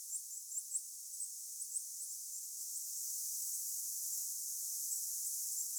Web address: paivat 26 9 2024 vahan saaressa olleiden hippiaisten aantelya